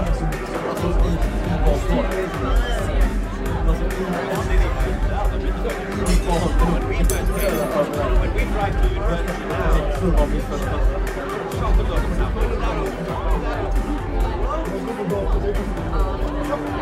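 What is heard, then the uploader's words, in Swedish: Murmuring bar noise: many overlapping voices chatter steadily without pause, a dense babble over a low rumble, with brief clinks now and then. Baren. En timme sorlande barljud.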